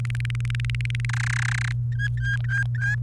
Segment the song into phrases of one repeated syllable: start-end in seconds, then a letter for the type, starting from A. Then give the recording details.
0.00-1.05 A, 1.09-1.73 B, 1.92-2.95 C. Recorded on 29 April 2018 at 18:17. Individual llb3